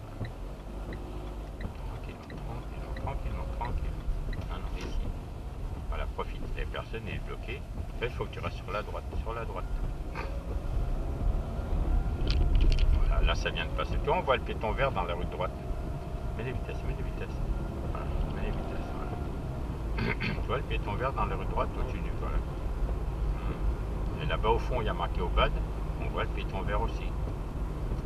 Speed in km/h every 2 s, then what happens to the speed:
11, 14, 12, 10, 13, 22, 29, 32, 35, 41, 43, 43, 42, 41.
0-7 steady at about 11. 7-18 speeds up to 41. 18-28 steady at about 42.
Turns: 4-9.